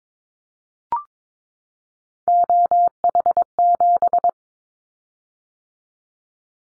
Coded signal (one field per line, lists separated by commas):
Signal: Morse code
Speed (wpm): 22 wpm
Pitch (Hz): 700 Hz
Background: none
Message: OH7